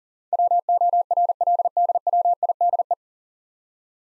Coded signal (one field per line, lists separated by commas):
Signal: Morse code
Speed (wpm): 40 wpm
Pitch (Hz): 700 Hz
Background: none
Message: WORLDWIDE